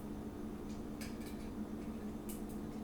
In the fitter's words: nice, clicks right in place.